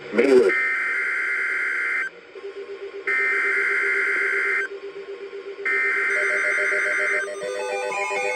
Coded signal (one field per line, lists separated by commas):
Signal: Emergency Alert System (SAME) tones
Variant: header bursts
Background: speech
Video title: EAS #3576-3578 Special Marine Warning (3-10-26)